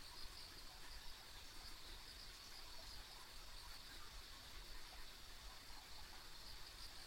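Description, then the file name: Insects keep up an even high-pitched drone with light flutter, set against steady low-frequency background hum. Ambient insect sounds recorded along a rural country road. "田舎道の虫の環境音"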